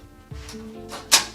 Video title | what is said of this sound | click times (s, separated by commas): Budget Gaming PC Build (Ryzen, RX580, etc...) | you can see it popped in and then now it's kind of steady in there next | 1.1 s